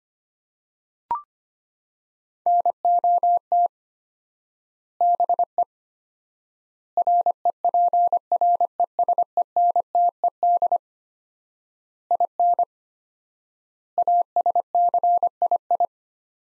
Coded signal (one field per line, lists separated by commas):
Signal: Morse code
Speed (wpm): 25 wpm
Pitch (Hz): 700 Hz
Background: none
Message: NOT BE REPRESENTED IN ASCII